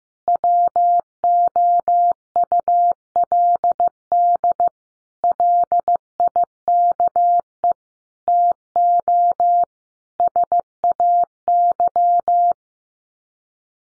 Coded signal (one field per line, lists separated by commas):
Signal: Morse code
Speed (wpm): 15 wpm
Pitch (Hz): 700 Hz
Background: none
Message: WOULD LIKE TO SAY